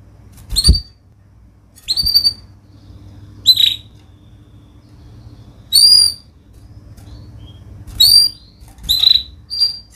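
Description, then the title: Canary giving short bright chirped notes at irregular intervals over a steady low background hum. Vigorous singing canary (gacor) praised for the best cengkok phrasing and rich isian fill-in notes; Indonesian songbird-keeping (kicaumania) context. "Kenari Gacor Cengkok Terbaik Isian Paling Mewah Kenarigacor Kicaumania Kenari"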